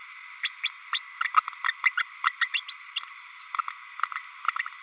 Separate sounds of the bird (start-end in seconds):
0.43-0.49, 0.63-0.69, 0.93-1.00, 1.36-1.40, 1.68-1.72, 1.85-1.91, 1.97-2.02, 2.24-2.30, 2.41-2.48, 2.54-2.60, 2.68-2.75